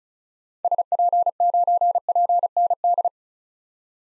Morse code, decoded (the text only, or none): SP9PND